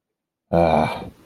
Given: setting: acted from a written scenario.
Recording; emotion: vocal sound without words; disappointment